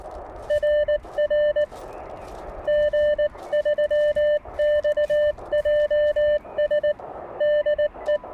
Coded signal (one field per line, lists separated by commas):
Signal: Morse code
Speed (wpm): 19 wpm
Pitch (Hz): 600 Hz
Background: none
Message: RR G3XJS DE